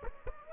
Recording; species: mosquito wingbeat signal from an infrared sensor; Aedes aegypti